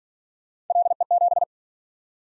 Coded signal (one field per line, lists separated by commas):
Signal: Morse code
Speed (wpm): 49 wpm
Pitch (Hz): 700 Hz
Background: none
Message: LE7